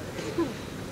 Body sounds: coughing mixed with background sound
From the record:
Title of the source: 61 morning phlegmy cough...again

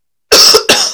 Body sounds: coughing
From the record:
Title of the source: November cold (wet coughing)

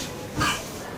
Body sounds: coughing mixed with background sound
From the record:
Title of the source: Spring Cold Coughing 2

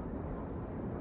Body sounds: background sound without coughing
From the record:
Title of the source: Train Ride Ambience ambient white noise for sleeping, focus, studying, reading

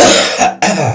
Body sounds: coughing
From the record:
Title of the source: Cough Around the Clock!

